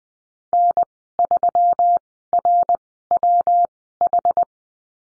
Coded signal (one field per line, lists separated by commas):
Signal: Morse code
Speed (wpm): 20 wpm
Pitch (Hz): 700 Hz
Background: none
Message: N3RWH